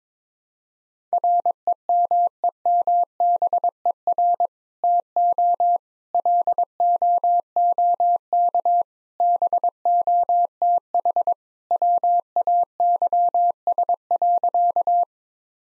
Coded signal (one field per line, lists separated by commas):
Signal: Morse code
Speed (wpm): 22 wpm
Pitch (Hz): 700 Hz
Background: none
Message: REMEMBER TO LOOK BOTH WAYS.